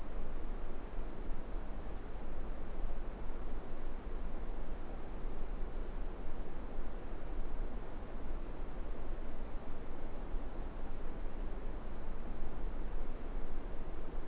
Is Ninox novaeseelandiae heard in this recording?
no